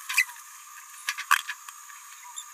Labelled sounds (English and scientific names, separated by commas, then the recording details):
Green-rumped Parrotlet (Forpus passerinus) babbling
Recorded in a nest box in Venezuela
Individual 18B17A4